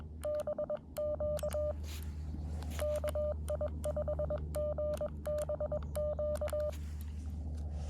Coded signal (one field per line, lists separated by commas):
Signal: Morse code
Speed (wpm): 20 wpm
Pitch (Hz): 600 Hz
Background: none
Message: BQ KI5GBQ